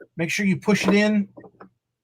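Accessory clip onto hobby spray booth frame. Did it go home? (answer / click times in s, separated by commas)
yes / 1.6 s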